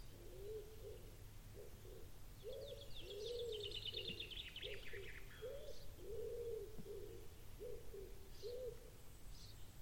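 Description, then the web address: Bird cooing and trilling: soft low coos repeat throughout, while a fast, high, buzzy trill runs for over two seconds and then falls away. A steady low hum sits underneath. "Bird Only"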